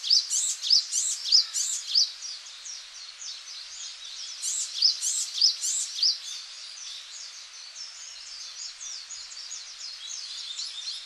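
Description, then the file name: Japanese tit song: crisp high notes repeated in rhythmic runs at the start and again midway, over a continuous high twittering background. Recorded in Okinawa, Japan, on 11 March 2006. "sijuukara 1 okinawa kaji"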